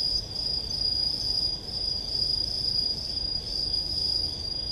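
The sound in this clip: Aomatsumushi tree cricket singing a continuous shrill trill that wavers gently in strength throughout, with a soft low hum underneath.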